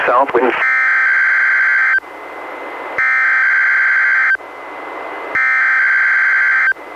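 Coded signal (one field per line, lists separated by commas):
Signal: Emergency Alert System (SAME) tones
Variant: header bursts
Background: speech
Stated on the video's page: NWR required weekly test from NWS Portland, relayed by the Astoria transmitter, received on a Reecom R-1630 weather radio and recorded via Zoom H1.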